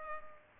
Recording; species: mosquito wingbeat signal from an infrared sensor; Culex pipiens